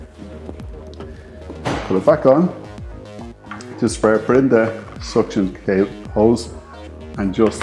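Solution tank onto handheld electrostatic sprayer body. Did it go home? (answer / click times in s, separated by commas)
no / none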